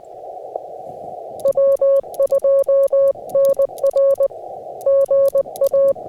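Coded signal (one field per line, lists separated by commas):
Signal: Morse code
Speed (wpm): 20 wpm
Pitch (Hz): 550 Hz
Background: music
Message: W2NR GA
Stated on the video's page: Difficult QRP CW POTA activation at the Kentucky Horse Park using an FT-891, ZM-2 tuner and 9:1 end-fed random wire, with poor band conditions or a possible contest.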